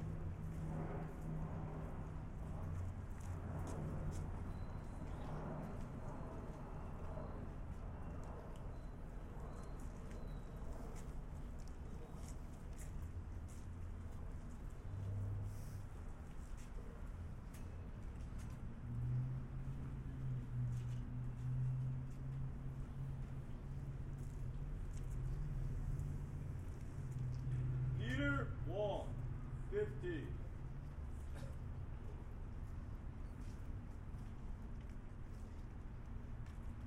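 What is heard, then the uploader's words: A crowd murmurs steadily through a school walkout, with low rumbling underneath and a brief rising whistle or shout near twenty-eight seconds. National School Walkout: Garfield High School, Seattle, WA. The collective scratchy sound of humans trying to be quiet in the midst of city noise becomes more intense when listening back. Recording Method: DPA 4060 pair as binaural -> Sound Devices MixPre-3.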